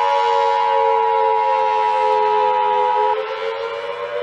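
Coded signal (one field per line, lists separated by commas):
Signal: Emergency Alert System (SAME) tones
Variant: 853 and 960 Hz attention tone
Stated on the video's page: Fictional EAS scenario, not a real alert.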